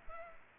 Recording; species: mosquito wingbeat signal from an infrared sensor; Culex pipiens